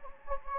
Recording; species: mosquito wingbeat signal from an infrared sensor; Anopheles gambiae